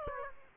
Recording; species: mosquito wingbeat signal from an infrared sensor; Aedes aegypti